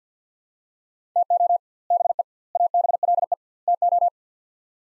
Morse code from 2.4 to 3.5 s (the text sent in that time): ABLE